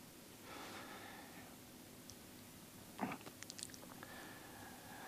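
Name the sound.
heavy breathing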